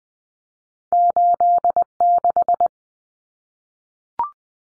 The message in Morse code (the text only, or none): 86